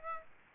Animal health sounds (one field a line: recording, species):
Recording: mosquito wingbeat signal from an infrared sensor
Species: Aedes aegypti